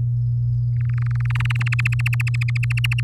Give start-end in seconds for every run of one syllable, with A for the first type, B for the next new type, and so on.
0.76-1.32 A, 1.35-3.00 B